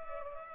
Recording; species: mosquito wingbeat signal from an infrared sensor; Culex pipiens